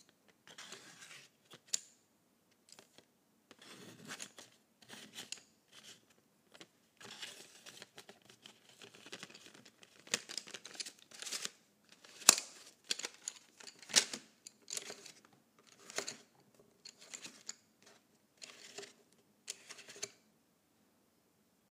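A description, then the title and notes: Colored pencils scratch and tap in short, uneven bursts of bright scraping, with quiet gaps between strokes and a few sharper clicks. ASMR Colored Pencils.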